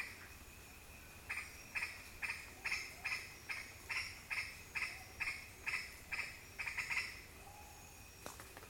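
Green aracari uttering a string of harsh, clipped notes, about twice per second, against low steady background hiss.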